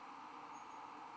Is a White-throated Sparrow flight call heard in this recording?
no